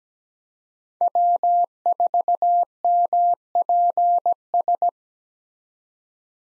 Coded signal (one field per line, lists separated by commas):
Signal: Morse code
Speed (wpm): 17 wpm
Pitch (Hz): 700 Hz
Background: none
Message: W4MPS